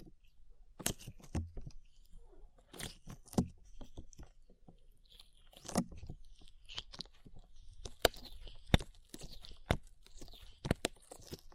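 Slime being handled gives off sticky, wet pops and crackles that come in irregular bursts every second or so. Sharp clicks stand out near 1, 6, 9 and 11 seconds, and softer squelching and tearing sounds fill the gaps over a quiet low hum.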